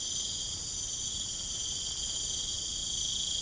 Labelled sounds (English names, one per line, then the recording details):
none
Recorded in pastures near Puerto Asís, Putumayo, Colombia, on 12 March 2025 at 22:30
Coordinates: 0.505, -76.324
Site GP08